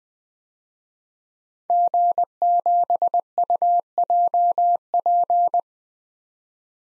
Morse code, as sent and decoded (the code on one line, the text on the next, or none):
--. --... ..- .--- .--.
G7UJP